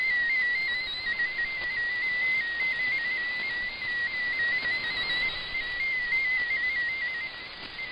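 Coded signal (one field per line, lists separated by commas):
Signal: multi-tone FSK (Olivia or MFSK type)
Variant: MFSK16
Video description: Japanese text transmission mode : MFSK16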